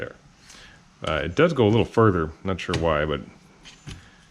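A Vortex VMX-3T magnifier on a flip-to-side rail mount, mounted on an SBR behind an Eotech 512, is being handled and flipped toward its side stop while someone talks, and a faint tap is heard near the end. The clip ends before the part goes home, so nothing has seated or locked yet.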